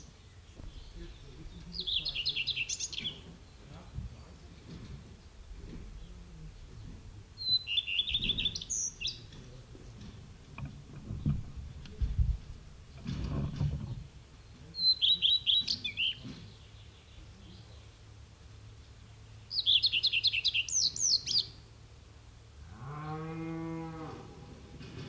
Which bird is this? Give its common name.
Common Redstart